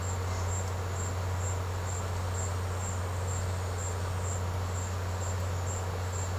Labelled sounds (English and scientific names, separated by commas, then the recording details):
none
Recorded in secondary vegetation near Puerto Asís, Putumayo, Colombia, on 19 March 2025 at 16:00
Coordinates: 0.468, -76.324
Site G059